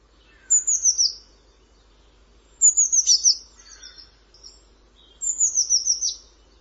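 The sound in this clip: Bird giving high, thin calls: three bursts of four or five quick descending notes, with faint lower notes between.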